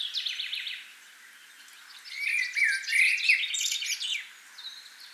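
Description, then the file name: Common blackbird song: a loud warbled phrase with high squeaky notes, preceded by a short series of rapid notes. "Turdus merula"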